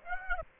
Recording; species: mosquito wingbeat signal from an infrared sensor; Aedes aegypti